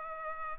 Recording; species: mosquito wingbeat signal from an infrared sensor; Culex pipiens